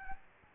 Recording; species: mosquito wingbeat signal from an infrared sensor; Aedes albopictus